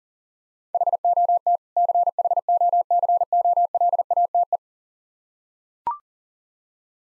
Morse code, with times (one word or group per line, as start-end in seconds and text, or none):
0.7-1.6 HOT
1.8-4.6 CHOCOLATE